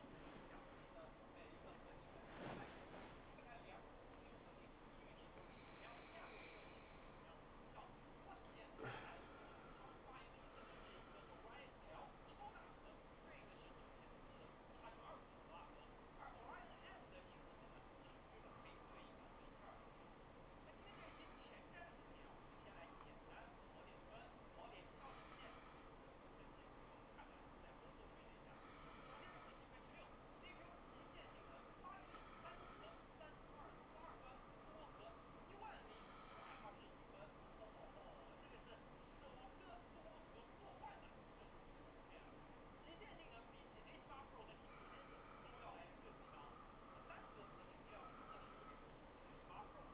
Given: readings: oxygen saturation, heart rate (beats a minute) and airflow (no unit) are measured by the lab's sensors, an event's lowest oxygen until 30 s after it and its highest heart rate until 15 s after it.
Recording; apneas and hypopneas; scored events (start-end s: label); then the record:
a person awake in a sleep study, by a voice recorder at the bedside; none
0.00-49.94 s: awake
From the record:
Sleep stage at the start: awake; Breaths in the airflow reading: 20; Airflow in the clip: -0.6 to 0.7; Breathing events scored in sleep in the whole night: 403 in 5.5 hours asleep